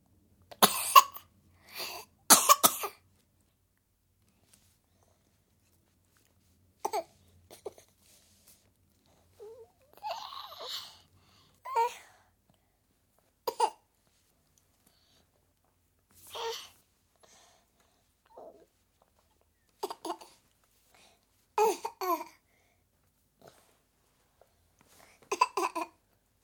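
About a dozen short, separate wet-sounding cough bursts from a 7-month-old baby girl who is unwell, spread over 26 seconds, with brief whimpering vocal sounds between some of them in a quiet room.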